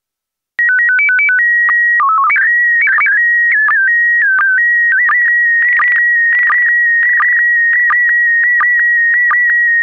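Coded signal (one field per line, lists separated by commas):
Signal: SSTV (slow-scan television)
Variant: PD 90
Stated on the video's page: SSTV image in PD90 mode.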